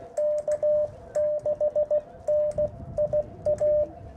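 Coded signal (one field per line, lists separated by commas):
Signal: Morse code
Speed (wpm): 16 wpm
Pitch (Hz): 600 Hz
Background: radio noise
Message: K6NIA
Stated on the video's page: Short CW Parks on the Air activation using an Icom IC-705 with MAT-705+ tuner and Chameleon CHA-TDL antenna elements.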